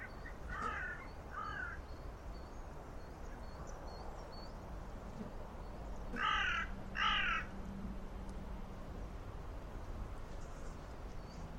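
Bird uttering harsh cawing calls in two pairs, one early and one after a long gap, with faint high chirps and a low hum behind.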